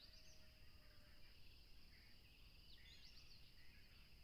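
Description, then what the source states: Cricket chorus: a continuous high-pitched buzz holding two even tones throughout, with brief bird chirps and a soft low rumble beneath. Tropical river setting, with a plane passing.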